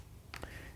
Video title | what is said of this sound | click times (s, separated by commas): Briley Mossberg Bolt Operating Handle Installation | is going to fit to the back so i'm going to take it fit it push it in until it clicks | 0.3 s